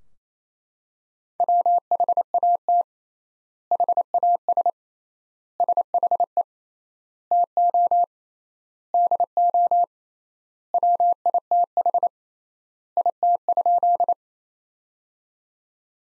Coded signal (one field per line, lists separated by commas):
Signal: Morse code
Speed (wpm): 27 wpm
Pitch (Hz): 700 Hz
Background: none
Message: WHAT HAS SHE TO DO WITH IT?